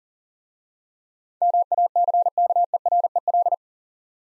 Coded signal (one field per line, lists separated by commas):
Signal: Morse code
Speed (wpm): 39 wpm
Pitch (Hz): 700 Hz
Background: none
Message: MACKEREL